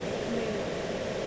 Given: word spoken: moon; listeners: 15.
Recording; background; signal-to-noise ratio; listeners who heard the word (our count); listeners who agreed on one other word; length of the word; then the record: one English word in noise, from a listening test; speech-shaped noise; -5.8 dB; 3 of 15; 6 of 15; 0.87 s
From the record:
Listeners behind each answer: 6, 3, 2, 1, 1, 1, 1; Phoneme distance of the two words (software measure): 10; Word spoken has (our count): 1 syllable, 3 phonemes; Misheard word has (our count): 1 syllable, 3 phonemes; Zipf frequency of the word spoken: 4.74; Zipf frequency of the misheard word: 5.49